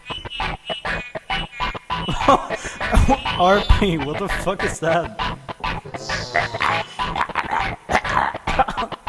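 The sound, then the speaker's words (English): A person makes rough, dog-like growling and yapping noises in irregular bursts, voice imitating an animal, with brief speech mixed in. “Are you a dog? Sounds like a fucking dog.”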